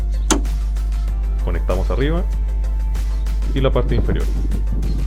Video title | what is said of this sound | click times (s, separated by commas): Cómo instalar amortiguadores de baúl, portaequipaje, maletero, cajuela o portalón | Y para instalarlos, simplemente se debe empujar hasta escuchar el clic. | 0.3 s